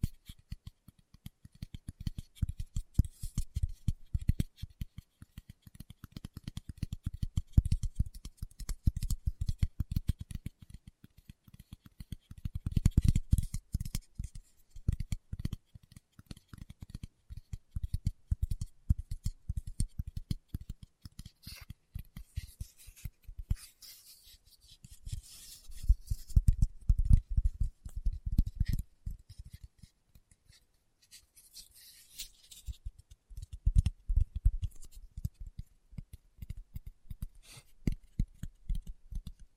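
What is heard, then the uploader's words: Fingertips tap in rapid, dense bursts of soft low thuds with faint crisp clicks, swelling and easing in waves with brief pauses throughout. ASMR Tapping with Fingertips (No Talking).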